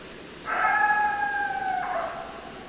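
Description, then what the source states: Coyote howl, a single steady note held for over a second, then breaking into a lower falling ending. Coyotes, more than one, recorded on 10 December 2012.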